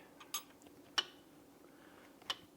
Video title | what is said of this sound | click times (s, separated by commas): E90 BMW M3 S65 Valve Spring Repair - Install the Spring | we are now locked 10° back | 1.0 s